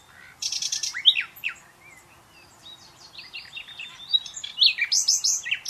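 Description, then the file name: Common nightingale song: a rapid buzzy pulsed burst, a brief pause, then a run of varied sharp chirps and whistled notes growing louder toward the end. "Luscinia megarhynchos"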